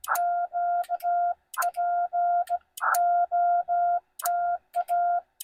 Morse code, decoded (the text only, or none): Q POTA